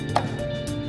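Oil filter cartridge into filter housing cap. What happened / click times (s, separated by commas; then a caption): The filter cartridge snapped home into its housing cap / 0.2 s. An oil filter cartridge for a 2006 Audi A3 2.0T BPY is pressed down into the filter housing cap, with music playing in the background. A short, sharp snap is heard at 0.2 s as the cartridge clicks home and is seated in the cap.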